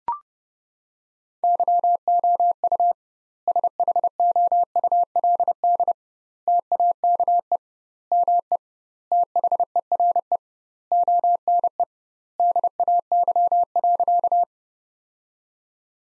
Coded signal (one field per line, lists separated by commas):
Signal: Morse code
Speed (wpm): 32 wpm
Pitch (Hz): 700 Hz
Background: none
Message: YOU SHOULD TAKE ME THERE ONE DAY.